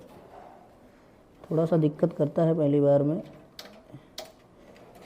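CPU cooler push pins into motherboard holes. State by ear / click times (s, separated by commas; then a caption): seated / 3.6 s, 4.2 s. Stock CPU cooler push-pin clips are pressed down through the motherboard holes while someone talks. Two sharp clicks are heard at 3.6 s and 4.2 s as the pins click into the motherboard. Each side is set, since old coolers give a little trouble the first time.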